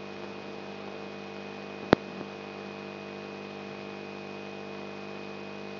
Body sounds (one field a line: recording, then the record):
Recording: brain microelectrode recording played as sound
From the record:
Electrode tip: outside the subthalamic nucleus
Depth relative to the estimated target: 3.5 mm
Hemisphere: right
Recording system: AlphaMap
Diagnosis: Parkinson's disease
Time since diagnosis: 10 years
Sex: male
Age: 56 years